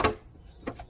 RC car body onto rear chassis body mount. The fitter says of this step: and it clicks in place